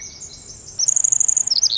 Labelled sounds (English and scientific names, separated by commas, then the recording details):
Pacific Wren (Troglodytes pacificus)
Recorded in Sonoma County, California